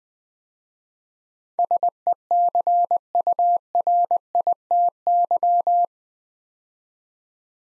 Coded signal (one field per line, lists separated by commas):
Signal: Morse code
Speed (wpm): 20 wpm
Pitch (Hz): 700 Hz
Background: none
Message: SECURITY